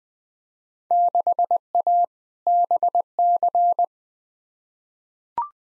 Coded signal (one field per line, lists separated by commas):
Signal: Morse code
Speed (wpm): 20 wpm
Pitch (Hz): 700 Hz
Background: none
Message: 6A BC